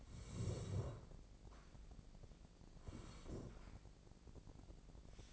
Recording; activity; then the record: daily activity, microphone in the room; sit down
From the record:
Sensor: 5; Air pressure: 1012.4 hPa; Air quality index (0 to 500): 151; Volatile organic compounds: 2 ppm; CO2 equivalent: 1034 ppm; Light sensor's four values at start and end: 268/641/274/302 and 266/636/272/300